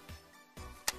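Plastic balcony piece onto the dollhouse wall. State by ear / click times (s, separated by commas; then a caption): seated / 0.9 s. A plastic balcony piece is pushed onto the wall of a Barbie Dreamhouse dollhouse, with soft low handling thuds around 0.1 s and 0.6 s. A sharp, bright click comes at 0.9 s as the balcony snaps into place and is seated.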